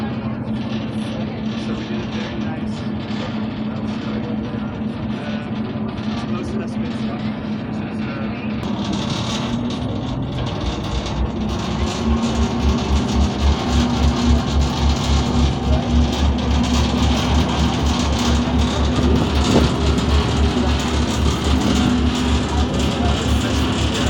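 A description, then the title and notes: A ferry crossing from Amsterdam North to Central Station, its engine droning in a steady low rumble throughout. Around nine seconds the pitch of the engine shifts and the sound grows louder and rougher, with a deeper throb from about twelve seconds onward. Ferry from Amsterdam North to Central Station.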